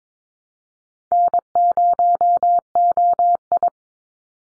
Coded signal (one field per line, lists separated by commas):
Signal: Morse code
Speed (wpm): 22 wpm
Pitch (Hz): 700 Hz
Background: none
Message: N0OI